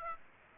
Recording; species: mosquito wingbeat signal from an infrared sensor; Aedes aegypti